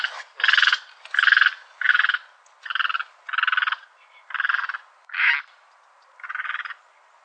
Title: LuckyPassaro Completos2Sama. Great Egret (Ardea alba)